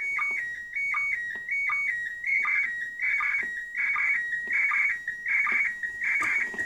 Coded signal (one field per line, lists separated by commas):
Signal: SSTV (slow-scan television)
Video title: Odbiór transmisji SSTV bezpośrednio ze stacji kosmicznej ISS